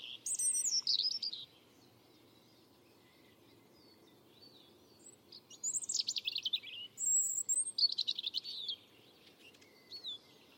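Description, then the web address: European robin song: high thin warbling phrases with sliding whistles and trills, separated by a pause of several seconds. "Deverinetal 2025"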